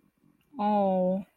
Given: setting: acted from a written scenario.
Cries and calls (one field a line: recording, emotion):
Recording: vocal sound without words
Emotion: neutral